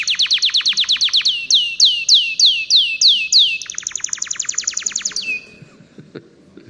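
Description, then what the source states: Atlantic Canary singing rapid trills: first quick descending notes, then slower downward slurs, then a high fast trill ending in a brief lower note and fading. Very characteristic song.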